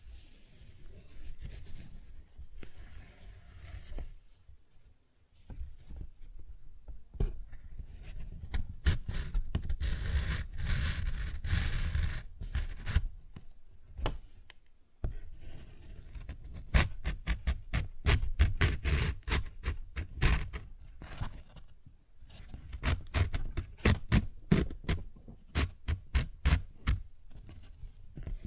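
A paper bag is tapped and scratched, with crisp rustles and rapid clusters of taps that come in bursts. Short pauses break the activity near five, fifteen and twenty-two seconds. Between bursts, the sounds grow dense and bright, with some low thumps.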